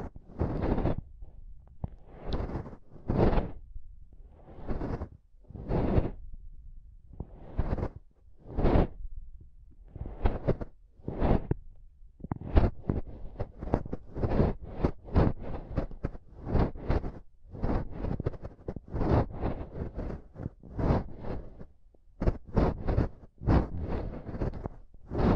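Intense mic tapping and scratching in repeated sharp bursts, spaced out at first, then coming faster and denser after about twelve seconds.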